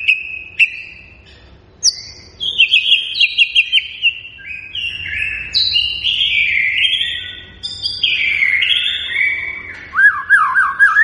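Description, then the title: White-rumped shama song: a fluid, varied sequence of loud whistles jumping between pitches, with warbling trills and a series of lower repeated notes near the end. Lure recording of an actively singing (gacor) bird, meant to make listening birds respond at once. "PANCINGAN MURAI BATU GACOR"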